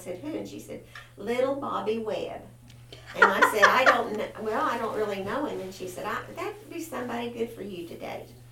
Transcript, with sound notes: and I said, "Who?" and she said, "Little Bobby Webb." (Laughter) And I said, "I don't-- well I don't really know 'em." and she said, "That would be somebody good for you to date."